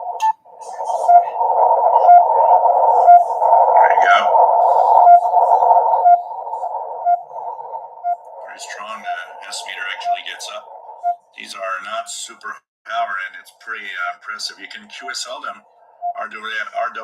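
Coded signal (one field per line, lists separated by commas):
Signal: radio time signal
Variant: RWM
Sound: short beeps once a second over hissy shortwave noise, then a man talking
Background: radio static, man talking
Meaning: Each short tick marks one second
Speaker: The other frequency to shoot for is 9996. There you go. Pretty strong. Smeter actually gets up.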